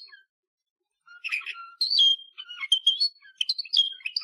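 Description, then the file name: Canary song beginning after a short silence, a jumble of whistled notes, chirps and brief trills shifting in pitch. "Canary Voice"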